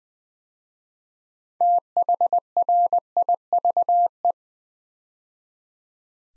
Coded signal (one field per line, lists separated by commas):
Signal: Morse code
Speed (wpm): 20 wpm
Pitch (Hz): 700 Hz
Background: none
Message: THRIVE